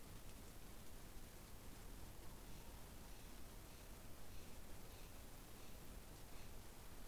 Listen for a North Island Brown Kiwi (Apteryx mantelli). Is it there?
no